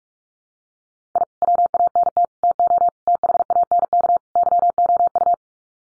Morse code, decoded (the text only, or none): I WANT TO THANK YOU